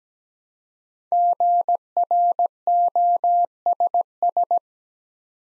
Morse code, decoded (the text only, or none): GROSS